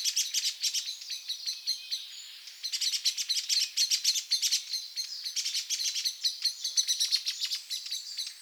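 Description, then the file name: Eurasian blackbird making rapid, repeated sharp ticking notes with high thin squeaks, the clicking running almost throughout. "Turdus merula"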